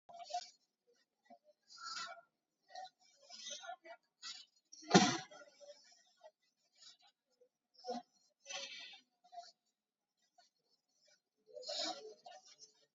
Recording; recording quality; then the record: deep breathing; poor, much background noise or distortion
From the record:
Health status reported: COVID-19 positive, mild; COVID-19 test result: positive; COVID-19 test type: RT-PCR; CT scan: taken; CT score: 10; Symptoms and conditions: cough, cold, sore throat, fatigue, loss of smell and taste, diabetes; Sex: male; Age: 39 years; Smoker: no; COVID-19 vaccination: none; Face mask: worn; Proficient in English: yes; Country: India